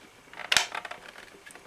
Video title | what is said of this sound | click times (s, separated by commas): Dyson DC25 All Floors Upright Vacuum Cleaner Unboxing & First Look | That's it. And it's clicked twice. I'm assuming that's correct. | 0.5 s, 0.6 s